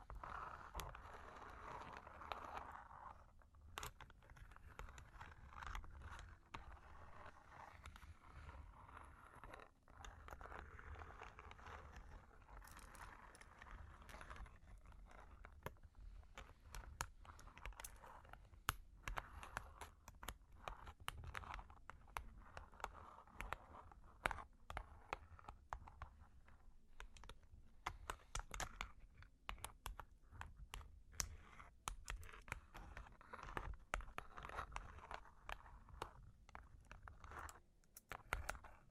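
Long claws tap and scratch in quick, irregular bursts, sharp clicks scattered densely through most of the clip and crowding closer together after about fifteen seconds. A low rumble and a muffled, murmuring hum run steadily underneath throughout.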